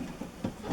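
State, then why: Not seated. Metal tubes with brass spring buttons are handled as they are fitted into the frame of an Eagle Health Supplies swivel sliding transfer bench, giving quiet rustling and a few soft bumps. Nothing has seated or clicked yet.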